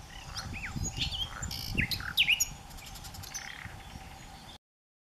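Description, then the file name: Common nightingale song with varied whistled slurs, sharp up-and-down notes and a brief rattle, a constant hum underneath, ending in silence. "Nachtigall mit Gesang - Nightingale singing"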